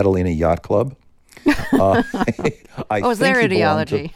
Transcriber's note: laughter